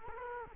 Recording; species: mosquito wingbeat signal from an infrared sensor; Culex quinquefasciatus